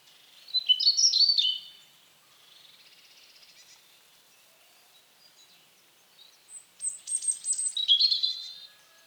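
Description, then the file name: European robin song: two high, thin warbling phrases of rapid trills and slurred notes, separated by about five seconds of near quiet with a faint twitter. "Erithacus rubecula"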